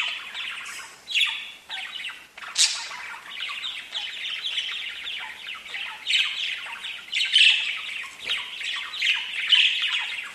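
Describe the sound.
Budgerigar warbling chatter, continuous scratchy and chirpy notes with a few sharper squawks standing out.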